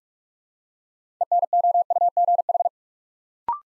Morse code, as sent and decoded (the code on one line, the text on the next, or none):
. -. --- ..- --. ....
ENOUGH